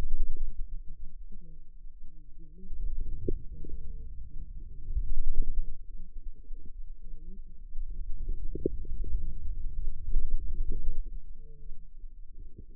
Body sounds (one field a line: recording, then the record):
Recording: forearm muscle sounds (acoustic myography)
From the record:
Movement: wrist extension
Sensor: system 2, bracelet of six BSWA MPA416 microphones around the upper forearm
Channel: 6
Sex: female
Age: 25 years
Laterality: right